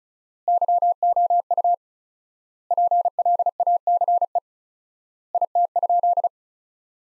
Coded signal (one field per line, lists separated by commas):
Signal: Morse code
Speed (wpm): 36 wpm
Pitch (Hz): 700 Hz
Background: none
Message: YOU PLACE IT?